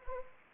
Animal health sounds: mosquito wingbeat signal from an infrared sensor; Anopheles arabiensis

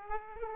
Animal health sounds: mosquito wingbeat signal from an infrared sensor; Aedes aegypti

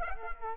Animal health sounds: mosquito wingbeat signal from an infrared sensor; Culex quinquefasciatus

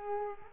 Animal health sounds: mosquito wingbeat signal from an infrared sensor; Culex quinquefasciatus

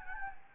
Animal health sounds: mosquito wingbeat signal from an infrared sensor; Anopheles gambiae

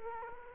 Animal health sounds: mosquito wingbeat signal from an infrared sensor; Culex quinquefasciatus

